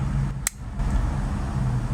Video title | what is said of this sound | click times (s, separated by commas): SMS Review 28 : CCS Alteisen | Untuk pasangkan skirt depan dia ni, hangpa kena pusingkan pinggang dia 180 deg. Slide masuk skirt dia ni sampai hangpa dengar bunyi klik. | 0.5 s